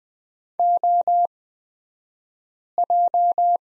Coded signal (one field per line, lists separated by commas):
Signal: Morse code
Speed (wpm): 20 wpm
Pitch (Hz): 700 Hz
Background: none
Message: OJ